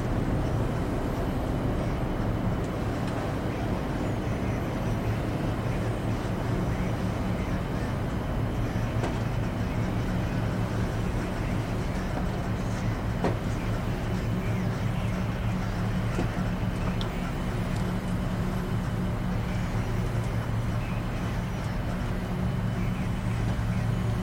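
Inside the cabin of a ferry, a steady low engine hum and rumble fills the space without letup, with a faint tonal drone around it. Small clicks and knocks surface now and then, notably near nine and thirteen seconds, over the constant background.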